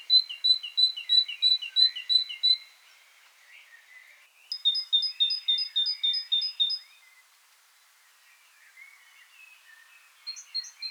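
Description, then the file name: Great tit song, repeated two-note phrases in two bursts, the second pitched higher, with soft twittering from other birds between. "Parus major"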